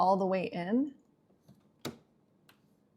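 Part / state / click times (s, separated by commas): filter cartridge into countertop reverse osmosis unit / seated / 1.9 s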